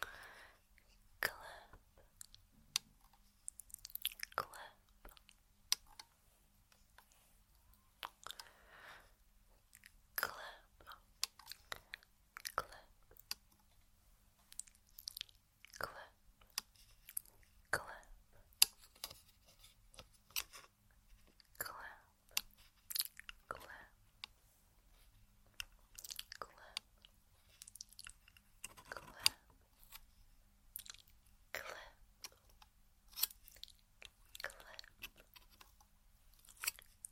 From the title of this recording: Mouth Sounds